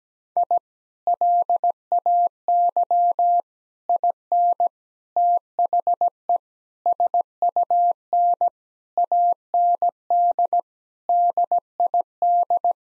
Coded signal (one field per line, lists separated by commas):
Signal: Morse code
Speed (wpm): 17 wpm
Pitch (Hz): 700 Hz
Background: none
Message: I LAY IN THE SUN AND DID